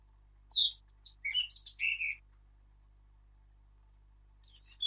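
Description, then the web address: Eurasian blackcap song: a rich, quick warble of fluty and slightly scratchy notes lasting under two seconds, a long pause, then another phrase beginning. "birdsong Sylvia atricapilla"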